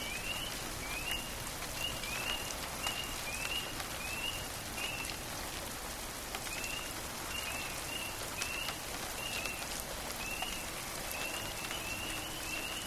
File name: Thunder Rain Spring Peeps Night Birds Florence KY Easter Night 2004 Craig Wilson